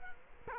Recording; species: mosquito wingbeat signal from an infrared sensor; Culex quinquefasciatus